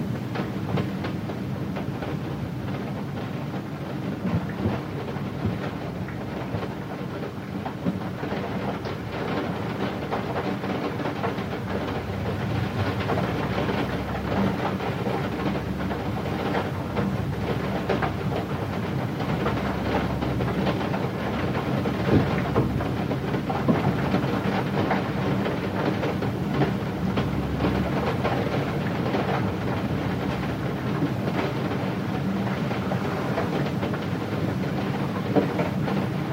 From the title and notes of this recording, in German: Enspannendes Geräusch Von Regen Der Gegen Ein Fenster Prasselt. Dies ist ein entspannendes Geräusch von Regen der in einem abgelegenen Landhaus auf ein Fenster prasselt.